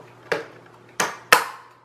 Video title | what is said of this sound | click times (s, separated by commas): Montando Ventilador Mondial 40cm - 6 pás | Aí sim, fez o clique aí. | 1.3 s